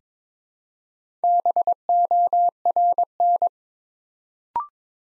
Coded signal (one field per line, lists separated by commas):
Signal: Morse code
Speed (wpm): 22 wpm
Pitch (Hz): 700 Hz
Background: none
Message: BORN